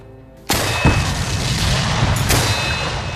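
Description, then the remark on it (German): Guns being cocked: after a moment of quiet, a loud sharp metallic clack breaks in, followed by two more crisp clicks over a dense, rumbling noisy background. “Dann machten sie die Waffen scharf.”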